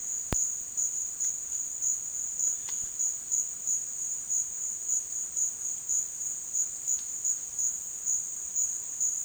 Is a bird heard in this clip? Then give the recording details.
no. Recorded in dense forest near Puerto Asís, Putumayo, Colombia, on 23 June 2025 at 12:30. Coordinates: 0.466, -76.327. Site GP04